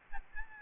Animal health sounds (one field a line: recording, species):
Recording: mosquito wingbeat signal from an infrared sensor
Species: Aedes albopictus